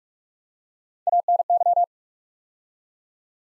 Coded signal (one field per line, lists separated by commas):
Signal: Morse code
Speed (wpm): 44 wpm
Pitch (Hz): 700 Hz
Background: none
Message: ANY